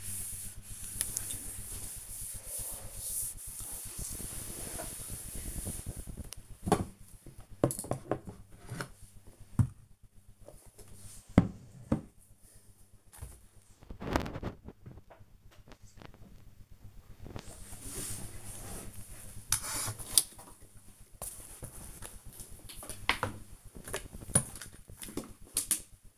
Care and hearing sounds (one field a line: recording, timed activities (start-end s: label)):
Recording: household activities, microphone on the right wrist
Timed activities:
0.00-26.18 s: cleaning the cupboard